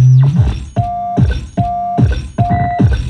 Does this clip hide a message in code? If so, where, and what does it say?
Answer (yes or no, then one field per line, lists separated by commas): no